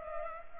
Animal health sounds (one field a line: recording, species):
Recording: mosquito wingbeat signal from an infrared sensor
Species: Culex pipiens